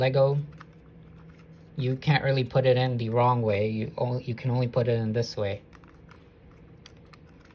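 A RAM module is lined up and slid at an angle into the memory slot of an Acer C710 laptop while someone talks, followed by a few light contact taps. It has not yet been pressed down to latch, so nothing has seated or clicked yet.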